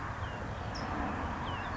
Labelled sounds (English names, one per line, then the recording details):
California Towhee
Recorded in Sonoma County, California